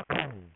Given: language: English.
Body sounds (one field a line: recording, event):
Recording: throat vibration sensor signal played as sound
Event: throat clearing